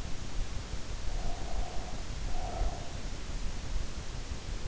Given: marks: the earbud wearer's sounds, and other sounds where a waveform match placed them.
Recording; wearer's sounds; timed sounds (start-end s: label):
sounds in sleep by an in-ear microphone; breath
1.02-3.07 s: breath